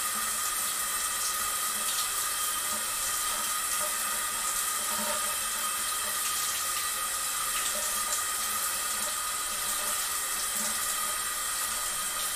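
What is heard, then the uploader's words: Steady rain hisses evenly through the whole stretch, a dense, bright wash with no pauses or swells. Faint tapping and splashing flicker within it, like drops hitting something, while the low end stays quiet. Today you'll hear rain sounds.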